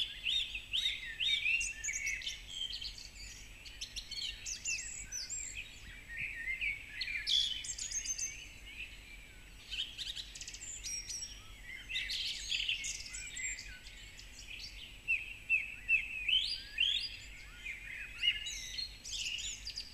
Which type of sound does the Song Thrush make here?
song